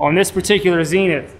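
Someone talks while handling the metal charging handle on a Zenith ZF-5 roller-delayed rifle, which is meant to lock into its notch in the cocking tube. Nothing has seated or clicked yet; the handle is not yet home.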